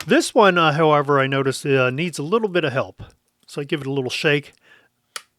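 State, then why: Seated. Someone talks while giving the front door of a Kodak Retina Ia/IIa 35mm folding camera a little shake to help it open. The front door and lens bed are pulled open until they lock in the open position with a sharp metal click at 5.2 s.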